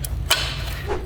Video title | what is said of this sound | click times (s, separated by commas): Building a Cheap, RARE, and Underrated BMW Wagon - Twin Turbo Power! | And then this pops into place here. | 0.1 s